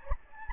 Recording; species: mosquito wingbeat signal from an infrared sensor; Anopheles gambiae